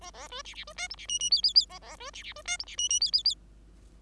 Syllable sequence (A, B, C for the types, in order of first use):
A A B C C B D E C F F G G G A A B C C B D E C F F G G G